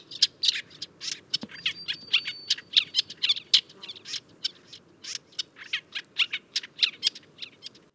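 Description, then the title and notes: Songbird song, rapid high chips and trills delivered in quick irregular bursts, with a brief steady whistled note partway through. Birdsong for training pet birds to learn song. "Suara Kicauan Burung untuk memaster burung kesayangan"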